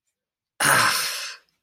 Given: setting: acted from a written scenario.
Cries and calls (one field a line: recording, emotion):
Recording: vocal sound without words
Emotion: pain